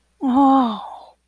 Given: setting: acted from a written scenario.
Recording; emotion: vocal sound without words; awe